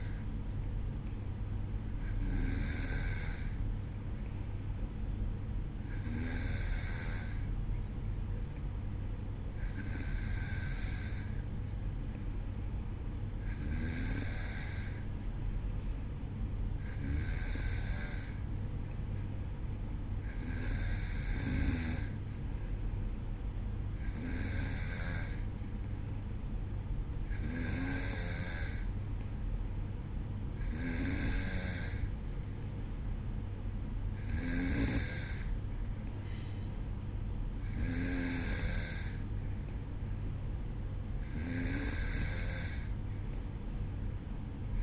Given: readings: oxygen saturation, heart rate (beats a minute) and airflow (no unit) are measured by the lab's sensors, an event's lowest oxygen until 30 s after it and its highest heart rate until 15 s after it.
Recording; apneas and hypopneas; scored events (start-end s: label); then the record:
breathing in sleep by a smartphone at the bedside; none
none scored
From the record:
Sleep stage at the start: N2 (light sleep); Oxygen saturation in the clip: 93 to 94%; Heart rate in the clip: 52 to 56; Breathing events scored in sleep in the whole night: 305 in 9.6 hours asleep